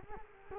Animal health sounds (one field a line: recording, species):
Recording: mosquito wingbeat signal from an infrared sensor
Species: Culex quinquefasciatus